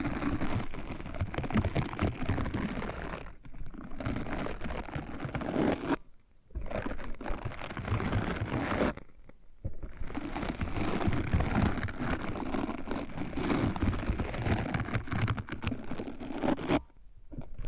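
Dense scratching and brushing fill most of the 18 seconds, a rough, crackly texture with quick uneven strokes across low and bright tones. The sound breaks off briefly about four times, near 3, 6, 9 and 17 seconds, then resumes. No voice is heard.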